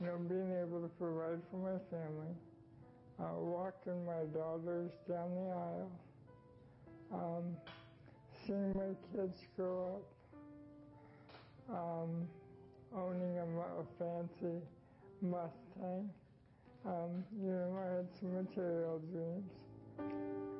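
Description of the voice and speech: An adult man with ALS (Lou Gehrig's disease) speaks in short phrases separated by long pauses and drawn-out 'um' fillers, with a slow rate and heavily nasal vowels. His speech is hard to understand. The speech fits dysarthria from ALS, a progressive motor neuron disease that weakens the muscles used for speaking.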